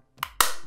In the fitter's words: once they snap in place you're going to do again here you